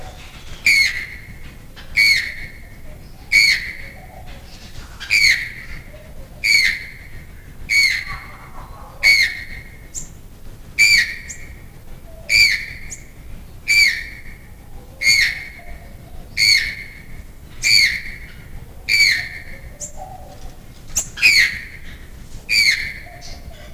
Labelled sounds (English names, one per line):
Channel-billed Toucan call